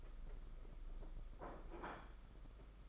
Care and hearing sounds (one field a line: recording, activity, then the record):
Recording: daily activity, microphone in the room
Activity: place plate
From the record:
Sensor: 5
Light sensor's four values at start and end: 31/106/39/42 and 31/106/39/42